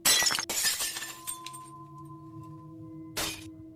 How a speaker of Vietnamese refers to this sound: Lúc đó, ở trong phòng khách lại truyền đến tiếng đồ đạc đổ vỡ.